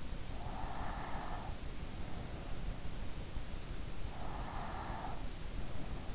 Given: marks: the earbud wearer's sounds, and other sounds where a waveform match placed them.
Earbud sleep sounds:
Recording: sounds in sleep by an in-ear microphone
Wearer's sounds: breath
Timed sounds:
0.24-1.95 s: breath
4.09-5.55 s: breath

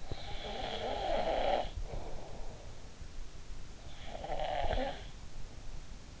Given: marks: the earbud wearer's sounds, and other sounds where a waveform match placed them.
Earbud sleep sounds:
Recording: sounds in sleep by an in-ear microphone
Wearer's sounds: snoring breath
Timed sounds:
0.00-2.83 s: snoring breath
3.93-5.13 s: snoring breath

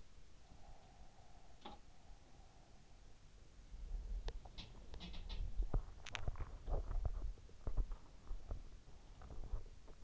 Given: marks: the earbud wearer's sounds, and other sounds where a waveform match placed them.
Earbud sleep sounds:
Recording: sounds in sleep by an in-ear microphone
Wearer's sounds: body movement, teeth grinding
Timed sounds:
1.53-2.02 s: sound from someone else or the room
3.76-10.04 s: body movement
4.16-5.58 s: sound from someone else or the room
5.90-6.48 s: teeth grinding

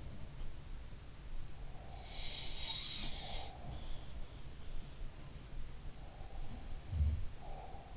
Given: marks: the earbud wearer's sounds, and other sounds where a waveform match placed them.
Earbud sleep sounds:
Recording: sounds in sleep by an in-ear microphone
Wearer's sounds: breath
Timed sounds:
1.60-3.78 s: breath
2.05-4.00 s: sound from someone else or the room
6.02-7.96 s: breath

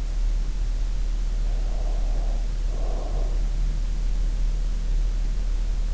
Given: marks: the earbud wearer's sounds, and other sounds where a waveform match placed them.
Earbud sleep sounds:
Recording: sounds in sleep by an in-ear microphone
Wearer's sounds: breath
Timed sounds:
1.25-3.50 s: breath

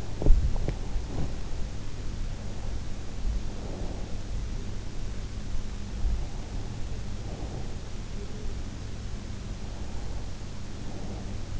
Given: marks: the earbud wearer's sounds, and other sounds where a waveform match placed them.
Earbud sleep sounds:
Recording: sounds in sleep by an in-ear microphone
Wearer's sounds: teeth grinding, breath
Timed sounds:
0.00-1.74 s: teeth grinding
2.31-4.25 s: breath
6.17-7.97 s: breath
9.68-11.60 s: breath

